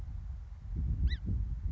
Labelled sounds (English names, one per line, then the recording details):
Song Sparrow
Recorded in Sonoma County, California